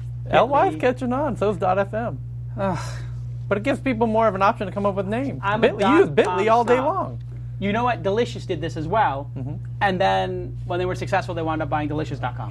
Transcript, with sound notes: L-Y’s catchin’ on, so is dot F-M (Sighs) But it gives people more of an option to come up with names… You use Bit.ly all day long!
You know what, De.licio.us did this as well, and then when they were successful they wound up buying Delicious dot com.